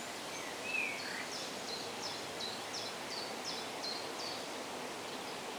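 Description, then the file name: Bird chirping: a lower whistled note near the start, then a steady run of short high chirps, over steady background hiss. Birds chirping in the shade. "ASMR Bird Sounds - Birds Chirping in the Shade"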